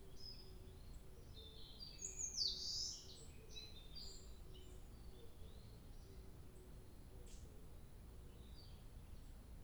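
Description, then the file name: Bird chirps scattered over a low background rumble, one brighter sweeping note standing out briefly, with a soft low note repeating steadily in the background. 2 July 2023. "birdsong 20230702"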